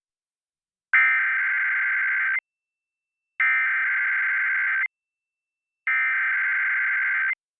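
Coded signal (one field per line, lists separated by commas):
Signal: Emergency Alert System (SAME) tones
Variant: header bursts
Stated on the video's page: Required monthly EAS tests as aired on Seattle/Tacoma broadcast television stations.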